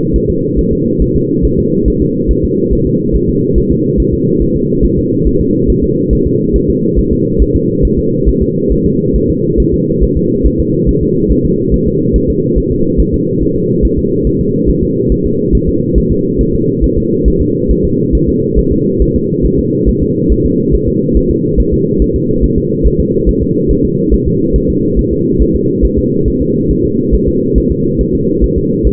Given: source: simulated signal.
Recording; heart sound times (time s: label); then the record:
fetal heart sounds
0.16 s: S1
0.30 s: S2
0.59 s: S1
0.73 s: S2
1.02 s: S1
1.16 s: S2
1.45 s: S1
1.59 s: S2
1.88 s: S1
2.02 s: S2
2.31 s: S1
2.45 s: S2
2.73 s: S1
2.87 s: S2
3.16 s: S1
3.29 s: S2
3.58 s: S1
3.72 s: S2
4.00 s: S1
4.14 s: S2
4.42 s: S1
4.56 s: S2
4.85 s: S1
4.99 s: S2
5.27 s: S1
5.41 s: S2
5.70 s: S1
5.84 s: S2
6.13 s: S1
6.27 s: S2
6.56 s: S1
6.70 s: S2
6.99 s: S1
7.13 s: S2
7.42 s: S1
7.56 s: S2
7.85 s: S1
7.99 s: S2
8.29 s: S1
8.42 s: S2
8.72 s: S1
8.86 s: S2
9.16 s: S1
9.30 s: S2
9.60 s: S1
9.74 s: S2
10.03 s: S1
10.17 s: S2
10.47 s: S1
10.60 s: S2
10.89 s: S1
11.03 s: S2
11.32 s: S1
11.45 s: S2
11.74 s: S1
11.88 s: S2
12.16 s: S1
12.30 s: S2
12.58 s: S1
12.72 s: S2
13.00 s: S1
13.14 s: S2
13.43 s: S1
13.56 s: S2
13.85 s: S1
13.99 s: S2
14.27 s: S1
14.41 s: S2
14.69 s: S1
14.83 s: S2
15.12 s: S1
15.26 s: S2
15.55 s: S1
15.69 s: S2
15.98 s: S1
16.12 s: S2
16.41 s: S1
16.55 s: S2
16.84 s: S1
16.98 s: S2
17.28 s: S1
17.42 s: S2
17.71 s: S1
17.85 s: S2
18.15 s: S1
18.29 s: S2
18.59 s: S1
18.73 s: S2
19.02 s: S1
19.16 s: S2
19.46 s: S1
19.59 s: S2
19.89 s: S1
20.03 s: S2
20.32 s: S1
20.46 s: S2
20.75 s: S1
20.88 s: S2
21.17 s: S1
21.31 s: S2
21.60 s: S1
21.74 s: S2
22.02 s: S1
22.16 s: S2
22.44 s: S1
22.58 s: S2
22.86 s: S1
23.00 s: S2
23.29 s: S1
23.43 s: S2
23.71 s: S1
23.85 s: S2
24.14 s: S1
24.27 s: S2
24.56 s: S1
24.70 s: S2
24.99 s: S1
25.13 s: S2
25.42 s: S1
25.56 s: S2
25.85 s: S1
25.99 s: S2
26.28 s: S1
26.42 s: S2
26.71 s: S1
26.85 s: S2
27.14 s: S1
27.28 s: S2
27.58 s: S1
27.72 s: S2
28.01 s: S1
28.15 s: S2
28.44 s: S1
28.58 s: S2
28.87 s: S1
From the record:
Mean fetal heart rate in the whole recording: 140 bpm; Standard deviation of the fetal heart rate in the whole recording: 2 bpm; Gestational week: 34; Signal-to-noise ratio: -11.2 dB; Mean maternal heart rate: 72 bpm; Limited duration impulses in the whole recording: present